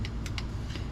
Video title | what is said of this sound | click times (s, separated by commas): Part 2 2012 Mercedes C250 Timing Chain Replacement | you can barely even hear it clicking all right now all | 0.4 s